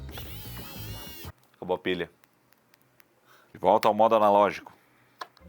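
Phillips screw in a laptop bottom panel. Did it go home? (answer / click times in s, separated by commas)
no / 5.2 s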